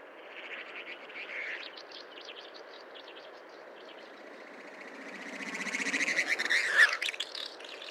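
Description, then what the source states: Snipe making a rapid pulsed rattle that builds up and swells into a loud, rushing burst before fading away. Recorded at Belaya Uba, Kazakhstan, on 18 May 2011.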